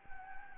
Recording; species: mosquito wingbeat signal from an infrared sensor; Anopheles gambiae